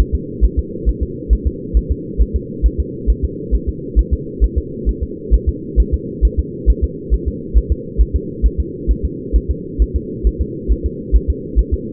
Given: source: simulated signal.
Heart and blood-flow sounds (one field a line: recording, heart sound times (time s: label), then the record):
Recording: fetal heart sounds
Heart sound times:
0.00 s: S1
0.15 s: S2
0.44 s: S1
0.59 s: S2
0.89 s: S1
1.03 s: S2
1.33 s: S1
1.47 s: S2
1.77 s: S1
1.91 s: S2
2.22 s: S1
2.36 s: S2
2.66 s: S1
2.80 s: S2
3.10 s: S1
3.25 s: S2
3.55 s: S1
3.69 s: S2
3.99 s: S1
4.13 s: S2
4.44 s: S1
4.58 s: S2
4.89 s: S1
5.03 s: S2
5.34 s: S1
5.49 s: S2
5.80 s: S1
5.94 s: S2
6.25 s: S1
6.39 s: S2
6.70 s: S1
6.84 s: S2
7.14 s: S1
7.28 s: S2
7.57 s: S1
7.72 s: S2
8.01 s: S1
8.16 s: S2
8.46 s: S1
8.60 s: S2
8.91 s: S1
9.05 s: S2
9.36 s: S1
9.51 s: S2
9.82 s: S1
9.96 s: S2
10.27 s: S1
10.42 s: S2
10.72 s: S1
10.86 s: S2
11.16 s: S1
11.30 s: S2
11.59 s: S1
11.74 s: S2
From the record:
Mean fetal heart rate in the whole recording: 135 bpm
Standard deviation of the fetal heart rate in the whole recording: 3 bpm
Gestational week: 34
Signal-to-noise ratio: -4.1 dB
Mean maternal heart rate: no maternal heart sound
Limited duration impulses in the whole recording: absent